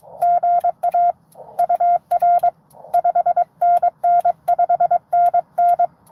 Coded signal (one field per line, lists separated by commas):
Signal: Morse code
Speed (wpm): 22 wpm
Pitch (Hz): 700 Hz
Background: none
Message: GA UR 5NN 5NN